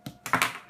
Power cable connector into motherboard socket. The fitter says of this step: give them a nice firm down push you'll hear it clicking that's